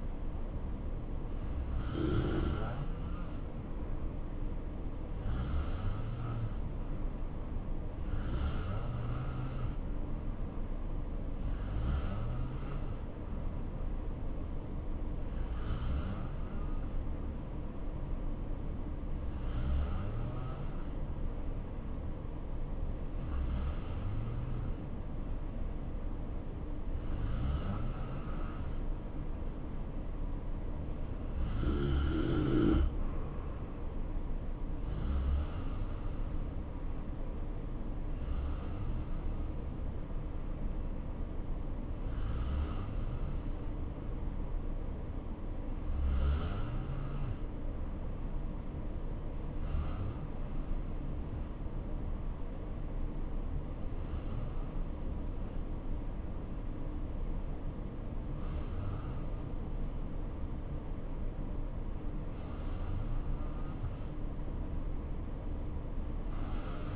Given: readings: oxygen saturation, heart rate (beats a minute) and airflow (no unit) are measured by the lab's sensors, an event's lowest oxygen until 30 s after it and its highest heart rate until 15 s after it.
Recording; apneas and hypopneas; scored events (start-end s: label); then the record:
breathing in sleep by a smartphone at the bedside; none
none scored
From the record:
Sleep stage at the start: N2 (light sleep); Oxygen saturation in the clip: 86 to 90%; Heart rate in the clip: 59 to 70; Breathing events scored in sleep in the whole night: 277 in 7.4 hours asleep